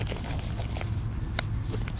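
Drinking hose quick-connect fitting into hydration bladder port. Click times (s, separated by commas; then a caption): 1.4 s. A drinking hose's quick-disconnect fitting is pushed into a hydration water bladder's port until it locks. A single sharp, bright snap sounds at 1.4 s over a steady high-pitched hiss and low rumble, confirming the hose has snapped in and seated.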